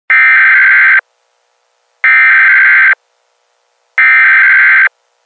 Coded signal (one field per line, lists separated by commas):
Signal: Emergency Alert System (SAME) tones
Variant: header bursts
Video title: EAS - 🎤🐔